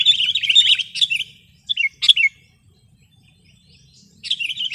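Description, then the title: Sooty-headed bulbul: dense, energetic chattering at the start, a few short sharp notes, a silent gap, then the chatter resumes at the end. "kutilang"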